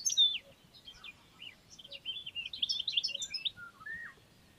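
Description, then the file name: European goldfinch calls: a quick run of bright, liquid twittering notes and short trills, varied in pitch, softer toward the end. "Carduelis carduelis"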